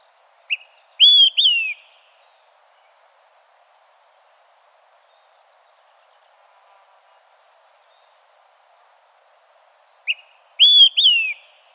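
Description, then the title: Olive-sided Flycatcher singing its three-part whistled phrase twice, well apart: a brief pip followed by two strong, ringing whistles, the last falling in pitch. "LuckyPassaro Completos2Sama. Olive-sided Flycatcher (Contopus cooperi)"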